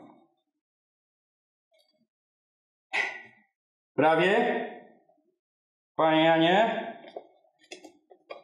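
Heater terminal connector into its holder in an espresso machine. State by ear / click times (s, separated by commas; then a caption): not seated / none. A heater terminal connector is being pushed back toward its plastic holder in a De'Longhi espresso machine with a typical short-circuit fault caused by water. Someone talks, and a few faint short ticks follow near the end. Nothing has seated or clicked yet.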